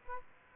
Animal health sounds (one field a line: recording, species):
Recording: mosquito wingbeat signal from an infrared sensor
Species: Aedes aegypti